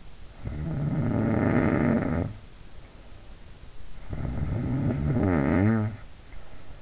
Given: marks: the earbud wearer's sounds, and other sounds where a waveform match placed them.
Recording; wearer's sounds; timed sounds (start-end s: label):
sounds in sleep by an in-ear microphone; snoring breath
0.08-3.34 s: snoring breath
3.85-6.82 s: snoring breath